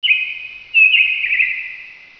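Bird call: two clear, high, slightly warbling whistled notes, the second longer and gradually fading, with nothing else audible.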